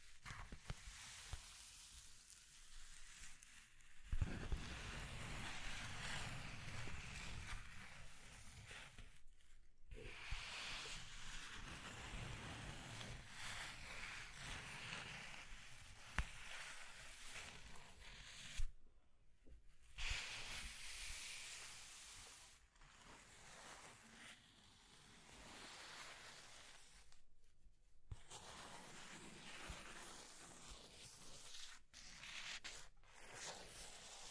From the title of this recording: Scratching and Tracing Sounds